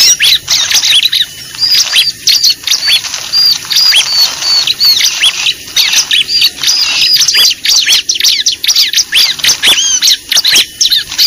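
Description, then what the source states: Lovebird calls: near-continuous shrill twittering and high squeaks, densely packed. Lure recording used for attracting lovebirds (pikat).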